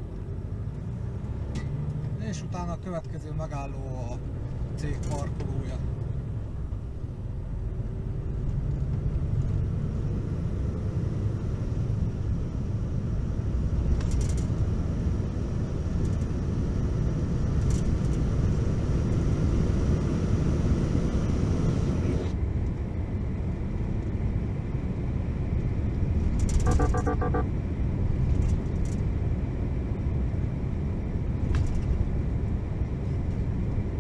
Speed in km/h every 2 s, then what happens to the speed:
25, 28, 37, 40, 49, 58, 62, 68, 73, 81, 85, 86, 87, 86, 86, 84, 82.
0-20 speeds up to 85. 20-34 steady at about 86.